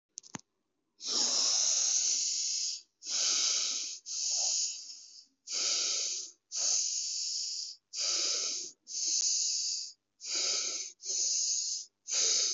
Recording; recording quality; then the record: deep breathing; excellent, no background noise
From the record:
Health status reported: COVID-19 positive, mild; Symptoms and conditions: cough, cold, diabetes, ischaemic heart disease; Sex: female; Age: 52 years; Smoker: not ticked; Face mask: not worn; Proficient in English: no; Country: India